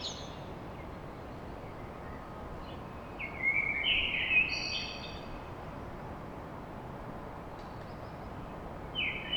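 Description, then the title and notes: Common blackbird song: one melodious whistled phrase with a squeaky high finish in the middle, another just beginning at the end, over a steady hiss. Song recorded at dawn in Paris. "Blackbird Poetry At Paris On. Enregistrement d'un chant de merle à l'aube dans Paris"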